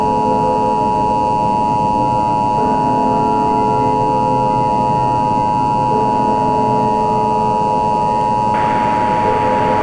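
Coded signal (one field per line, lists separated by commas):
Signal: Emergency Alert System (SAME) tones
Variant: 853 and 960 Hz attention tone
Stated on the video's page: Fictional EAS mock nuclear scenario using valid EAS tones.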